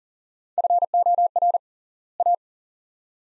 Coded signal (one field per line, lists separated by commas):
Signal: Morse code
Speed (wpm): 40 wpm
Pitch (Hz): 700 Hz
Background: none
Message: FOR A